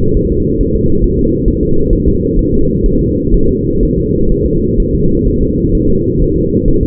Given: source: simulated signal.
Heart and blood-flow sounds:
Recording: fetal heart sounds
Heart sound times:
0.17 s: S1
0.32 s: S2
0.61 s: S1
0.75 s: S2
1.04 s: S1
1.19 s: S2
1.48 s: S1
1.63 s: S2
1.93 s: S1
2.08 s: S2
2.39 s: S1
2.54 s: S2
2.86 s: S1
3.01 s: S2
3.34 s: S1
3.49 s: S2
3.83 s: S1
3.98 s: S2
4.31 s: S1
4.46 s: S2
4.80 s: S1
4.95 s: S2
5.28 s: S1
5.42 s: S2
5.75 s: S1
5.90 s: S2
6.22 s: S1
6.37 s: S2
6.68 s: S1
6.83 s: S2
From the record:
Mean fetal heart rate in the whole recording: 130 bpm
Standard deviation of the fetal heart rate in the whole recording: 4 bpm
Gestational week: 38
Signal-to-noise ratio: -16.4 dB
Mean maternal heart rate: 72 bpm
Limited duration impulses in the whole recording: present

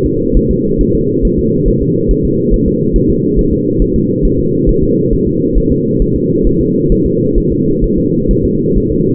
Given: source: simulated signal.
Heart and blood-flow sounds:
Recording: fetal heart sounds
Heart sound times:
0.06 s: S2
0.37 s: S1
0.51 s: S2
0.81 s: S1
0.95 s: S2
1.25 s: S1
1.39 s: S2
1.68 s: S1
1.83 s: S2
2.11 s: S1
2.25 s: S2
2.54 s: S1
2.68 s: S2
2.96 s: S1
3.10 s: S2
3.39 s: S1
3.53 s: S2
3.82 s: S1
3.96 s: S2
4.25 s: S1
4.39 s: S2
4.69 s: S1
4.83 s: S2
5.13 s: S1
5.27 s: S2
5.58 s: S1
5.72 s: S2
6.02 s: S1
6.16 s: S2
6.47 s: S1
6.61 s: S2
6.92 s: S1
7.06 s: S2
7.38 s: S1
7.52 s: S2
7.84 s: S1
7.98 s: S2
8.31 s: S1
8.45 s: S2
8.77 s: S1
8.92 s: S2
From the record:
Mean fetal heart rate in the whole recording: 135 bpm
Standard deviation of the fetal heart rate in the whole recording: 3 bpm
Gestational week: 36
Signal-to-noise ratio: -11.2 dB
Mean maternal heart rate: 72 bpm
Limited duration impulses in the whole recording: present

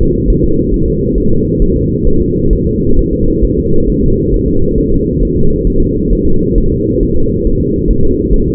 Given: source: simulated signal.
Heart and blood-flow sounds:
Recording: fetal heart sounds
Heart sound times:
0.01 s: S2
0.30 s: S1
0.44 s: S2
0.74 s: S1
0.88 s: S2
1.18 s: S1
1.32 s: S2
1.62 s: S1
1.76 s: S2
2.07 s: S1
2.22 s: S2
2.53 s: S1
2.67 s: S2
2.99 s: S1
3.13 s: S2
3.45 s: S1
3.59 s: S2
3.90 s: S1
4.04 s: S2
4.34 s: S1
4.48 s: S2
4.78 s: S1
4.92 s: S2
5.22 s: S1
5.37 s: S2
5.67 s: S1
5.81 s: S2
6.12 s: S1
6.27 s: S2
6.58 s: S1
6.72 s: S2
7.03 s: S1
7.17 s: S2
7.47 s: S1
7.61 s: S2
7.91 s: S1
8.05 s: S2
8.34 s: S1
8.48 s: S2
From the record:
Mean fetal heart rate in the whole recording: 135 bpm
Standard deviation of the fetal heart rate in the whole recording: 3 bpm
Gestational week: 36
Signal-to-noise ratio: -17.7 dB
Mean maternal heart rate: 72 bpm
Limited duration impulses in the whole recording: present

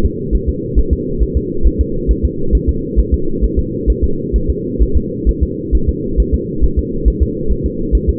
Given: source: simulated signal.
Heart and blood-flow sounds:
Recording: fetal heart sounds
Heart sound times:
0.06 s: S2
0.35 s: S1
0.49 s: S2
0.79 s: S1
0.93 s: S2
1.23 s: S1
1.37 s: S2
1.67 s: S1
1.81 s: S2
2.11 s: S1
2.25 s: S2
2.55 s: S1
2.69 s: S2
3.00 s: S1
3.14 s: S2
3.44 s: S1
3.59 s: S2
3.90 s: S1
4.04 s: S2
4.36 s: S1
4.50 s: S2
4.82 s: S1
4.97 s: S2
5.29 s: S1
5.43 s: S2
5.75 s: S1
5.89 s: S2
6.20 s: S1
6.34 s: S2
6.64 s: S1
6.79 s: S2
7.08 s: S1
7.22 s: S2
7.52 s: S1
7.66 s: S2
7.95 s: S1
8.09 s: S2
From the record:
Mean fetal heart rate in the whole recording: 135 bpm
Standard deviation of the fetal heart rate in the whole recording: 3 bpm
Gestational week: 34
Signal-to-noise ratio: -8.1 dB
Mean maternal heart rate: 72 bpm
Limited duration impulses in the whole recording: absent

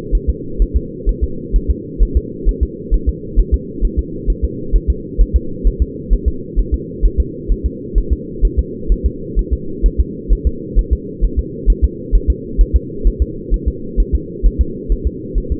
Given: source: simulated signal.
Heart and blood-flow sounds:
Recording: fetal heart sounds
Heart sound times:
0.15 s: S1
0.30 s: S2
0.62 s: S1
0.77 s: S2
1.09 s: S1
1.24 s: S2
1.56 s: S1
1.71 s: S2
2.03 s: S1
2.17 s: S2
2.49 s: S1
2.63 s: S2
2.94 s: S1
3.09 s: S2
3.39 s: S1
3.54 s: S2
3.85 s: S1
3.99 s: S2
4.30 s: S1
4.44 s: S2
4.75 s: S1
4.90 s: S2
5.21 s: S1
5.36 s: S2
5.67 s: S1
5.82 s: S2
6.13 s: S1
6.28 s: S2
6.59 s: S1
6.74 s: S2
7.05 s: S1
7.20 s: S2
7.52 s: S1
7.66 s: S2
7.98 s: S1
8.12 s: S2
8.45 s: S1
8.59 s: S2
8.92 s: S1
9.06 s: S2
9.39 s: S1
9.53 s: S2
9.86 s: S1
10.00 s: S2
10.33 s: S1
10.47 s: S2
10.79 s: S1
10.93 s: S2
11.24 s: S1
11.39 s: S2
11.70 s: S1
11.84 s: S2
12.15 s: S1
12.30 s: S2
12.61 s: S1
12.76 s: S2
13.07 s: S1
13.22 s: S2
13.54 s: S1
13.68 s: S2
14.00 s: S1
14.15 s: S2
14.46 s: S1
14.61 s: S2
14.92 s: S1
15.07 s: S2
15.38 s: S1
15.52 s: S2
From the record:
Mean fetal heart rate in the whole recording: 130 bpm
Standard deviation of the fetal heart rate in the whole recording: 2 bpm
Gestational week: 36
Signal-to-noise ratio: -4.3 dB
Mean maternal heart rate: 72 bpm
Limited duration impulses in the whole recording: absent

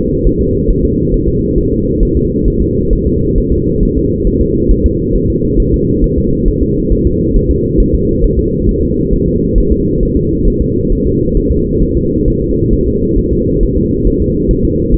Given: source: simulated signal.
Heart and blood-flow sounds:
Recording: fetal heart sounds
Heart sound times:
0.27 s: S1
0.41 s: S2
0.70 s: S1
0.85 s: S2
1.14 s: S1
1.28 s: S2
1.58 s: S1
1.73 s: S2
2.03 s: S1
2.17 s: S2
2.48 s: S1
2.62 s: S2
2.93 s: S1
3.07 s: S2
3.38 s: S1
3.52 s: S2
3.83 s: S1
3.97 s: S2
4.27 s: S1
4.41 s: S2
4.71 s: S1
4.86 s: S2
5.16 s: S1
5.30 s: S2
5.60 s: S1
5.74 s: S2
6.04 s: S1
6.18 s: S2
6.48 s: S1
6.63 s: S2
6.92 s: S1
7.07 s: S2
7.36 s: S1
7.51 s: S2
7.80 s: S1
7.95 s: S2
8.24 s: S1
8.39 s: S2
8.69 s: S1
8.83 s: S2
9.13 s: S1
9.28 s: S2
9.58 s: S1
9.72 s: S2
10.03 s: S1
10.17 s: S2
10.48 s: S1
10.62 s: S2
10.92 s: S1
11.07 s: S2
11.37 s: S1
11.52 s: S2
11.82 s: S1
11.97 s: S2
12.28 s: S1
12.42 s: S2
12.73 s: S1
12.88 s: S2
13.18 s: S1
13.33 s: S2
13.63 s: S1
13.77 s: S2
14.07 s: S1
14.22 s: S2
14.51 s: S1
14.65 s: S2
14.94 s: S1
From the record:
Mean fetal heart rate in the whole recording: 135 bpm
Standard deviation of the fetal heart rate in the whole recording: 3 bpm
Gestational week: 36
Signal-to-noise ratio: -10.2 dB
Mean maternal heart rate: 72 bpm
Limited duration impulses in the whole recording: present

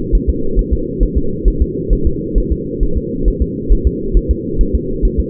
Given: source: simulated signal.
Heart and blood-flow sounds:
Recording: fetal heart sounds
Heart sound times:
0.15 s: S1
0.30 s: S2
0.59 s: S1
0.73 s: S2
1.03 s: S1
1.17 s: S2
1.48 s: S1
1.62 s: S2
1.93 s: S1
2.07 s: S2
2.38 s: S1
2.52 s: S2
2.83 s: S1
2.97 s: S2
3.28 s: S1
3.42 s: S2
3.72 s: S1
3.87 s: S2
4.17 s: S1
4.31 s: S2
4.61 s: S1
4.75 s: S2
5.05 s: S1
5.20 s: S2
From the record:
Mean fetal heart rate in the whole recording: 135 bpm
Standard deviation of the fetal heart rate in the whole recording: 3 bpm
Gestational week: 36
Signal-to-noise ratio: -8.1 dB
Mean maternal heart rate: 72 bpm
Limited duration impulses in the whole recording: absent

